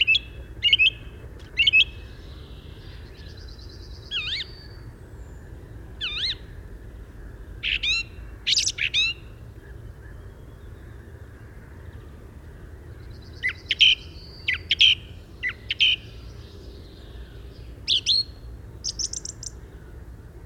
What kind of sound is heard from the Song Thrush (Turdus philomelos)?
song